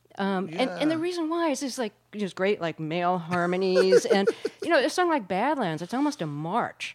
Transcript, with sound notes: Yeah.
And the reason why is there's, like - there's great, like, male harmonies...
(Soundbite of laughter)
And you know, it somewhat like "Badlands." It's almost a march.